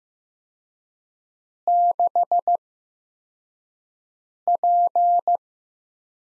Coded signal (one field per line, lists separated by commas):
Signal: Morse code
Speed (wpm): 15 wpm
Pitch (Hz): 700 Hz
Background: none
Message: 6P